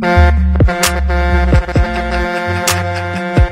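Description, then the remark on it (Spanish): An 18-wheeler truck's air horn blares in loud, deep, brassy blasts, several sustained honks broken by short gaps, with no one talking over it. “Déjame tocar la bocina del 18 wheeler de Bad Bunny. Hold on, let me play the horn.”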